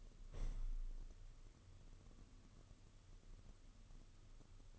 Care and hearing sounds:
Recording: daily activity, microphone in the room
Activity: open window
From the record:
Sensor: 4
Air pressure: 995.2 hPa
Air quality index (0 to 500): 190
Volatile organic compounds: 115 ppm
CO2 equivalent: 3844 ppm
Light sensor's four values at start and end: 5/11/4/5 and 5/12/5/5

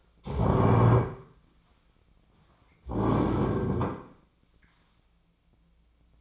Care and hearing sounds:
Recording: daily activity, microphone in the room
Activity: stand up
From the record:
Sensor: 1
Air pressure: 1009.3 hPa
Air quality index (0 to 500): 178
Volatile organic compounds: 3 ppm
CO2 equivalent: 1496 ppm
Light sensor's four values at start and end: 46/121/50/60 and 42/111/47/55

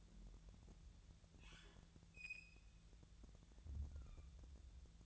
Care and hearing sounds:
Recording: daily activity, microphone in the room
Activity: open fridge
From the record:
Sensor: 3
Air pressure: 1000.0 hPa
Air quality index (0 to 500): 129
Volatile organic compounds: 2 ppm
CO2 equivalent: 1154 ppm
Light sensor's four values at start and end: 40/101/43/47 and 40/102/43/47

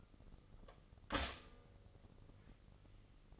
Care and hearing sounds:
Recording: daily activity, microphone in the room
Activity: stop toaster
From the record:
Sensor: 4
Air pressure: 996.0 hPa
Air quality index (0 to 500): 70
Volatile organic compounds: 2 ppm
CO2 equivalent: 1280 ppm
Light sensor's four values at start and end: 13/33/13/14 and 13/33/13/14

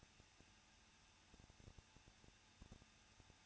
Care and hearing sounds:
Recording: daily activity, microphone in the room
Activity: no activity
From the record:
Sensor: 2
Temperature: 21.0 degrees Celsius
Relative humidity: 37.5%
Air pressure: 1006.3 hPa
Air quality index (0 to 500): 223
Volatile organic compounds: 25 ppm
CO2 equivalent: 2837 ppm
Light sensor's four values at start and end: 2/3/2/2 and 2/3/2/2

